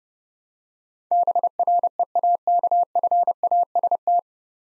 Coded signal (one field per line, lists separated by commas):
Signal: Morse code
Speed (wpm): 30 wpm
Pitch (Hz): 700 Hz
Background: none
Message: BREAKFAST